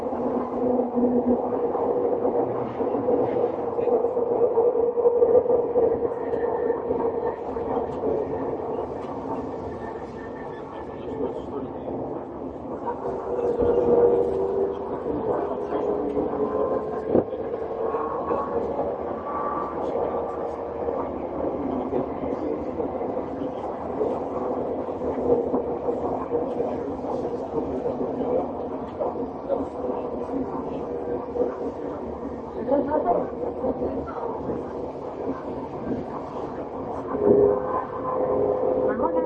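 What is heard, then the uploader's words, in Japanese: A Tokyo Metro 7000 series train runs with a steady, dense rumble. Humming motor tones glide up and down in pitch, most clearly between about 13 and 20 seconds. Occasional clanks and jolts break through near 14 and 37 seconds. 東京メトロ7000系 新木場〜練馬。車体は20m両開き4扉のアルミニウム合金製。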